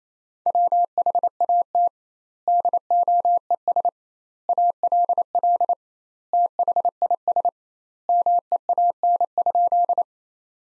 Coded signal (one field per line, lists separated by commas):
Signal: Morse code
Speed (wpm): 28 wpm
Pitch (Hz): 700 Hz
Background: none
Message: WHAT DOES ALL THIS MEAN?